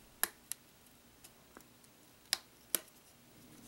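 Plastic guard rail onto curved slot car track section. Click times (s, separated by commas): 0.2 s, 2.3 s, 2.8 s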